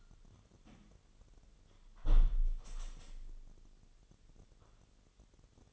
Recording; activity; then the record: daily activity, microphone in the room; close window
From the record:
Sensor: 4